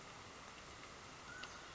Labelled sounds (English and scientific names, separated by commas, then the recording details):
Mountain Quail (Oreortyx pictus)
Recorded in Sonoma County, California